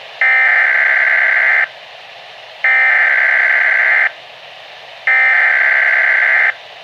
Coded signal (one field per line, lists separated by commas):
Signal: Emergency Alert System (SAME) tones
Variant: header bursts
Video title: Weatheradio Canada - Severe Thunderstorm Watch (EAS #18)